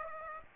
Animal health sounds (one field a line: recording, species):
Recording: mosquito wingbeat signal from an infrared sensor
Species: Aedes aegypti